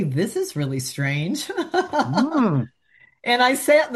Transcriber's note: laughs